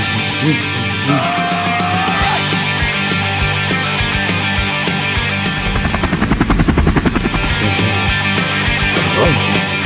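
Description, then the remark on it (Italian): A steady, loud helicopter drone with rhythmic rotor chopping that swells into a rapid pulsing thump midway, set against a dense musical backdrop with sustained tones and a brief rising whine. “Sta musica, questa sì, roba, gli sì, elicotteri.”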